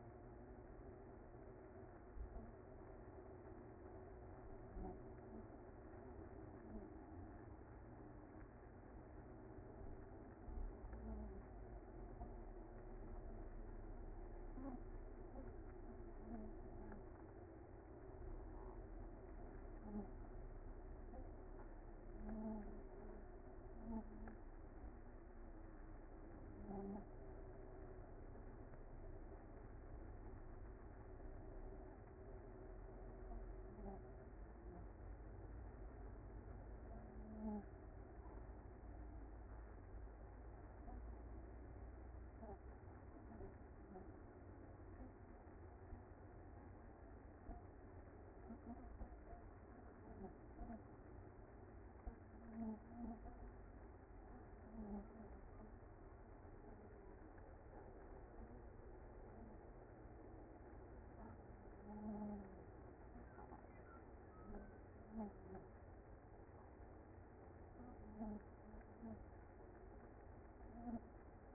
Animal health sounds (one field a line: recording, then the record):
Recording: honeybee colony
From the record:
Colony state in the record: active